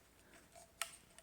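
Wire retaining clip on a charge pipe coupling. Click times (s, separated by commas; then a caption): 0.8 s. A wire retaining clip on a charge pipe coupling on a 2020 M8 (F91), during a JB4 install, is pulled up high enough to click into its raised, open position, which is done on both sides to release the pipe. A quiet background leads to one sharp, bright click at 0.8 s, followed by a much fainter tick near 1.2 s. The clip is released in its open position.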